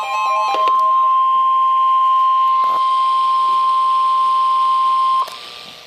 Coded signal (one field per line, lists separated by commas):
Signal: Emergency Alert System (SAME) tones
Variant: 1050 Hz attention tone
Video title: Special Marine Warning (EAS #1,028)